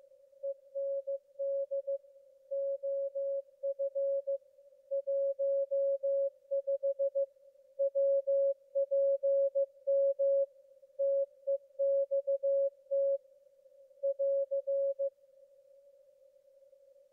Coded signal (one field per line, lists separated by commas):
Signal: Morse code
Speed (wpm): 15 wpm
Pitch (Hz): 550 Hz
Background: none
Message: END OF 15 WPM TEXT <AR>